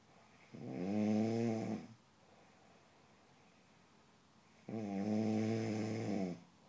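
Two loud, low-pitched rumbling snores, each lasting about a second and a half, come roughly four seconds apart with quiet breathing between. The steady, buzzing vibration on each breath is typical snoring, at a rate of about 14 breaths per minute.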